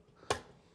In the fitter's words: that they're all tight we'll fold this in snap